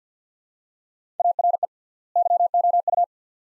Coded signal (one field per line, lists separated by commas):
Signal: Morse code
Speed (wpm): 50 wpm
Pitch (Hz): 700 Hz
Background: none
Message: ARE YOU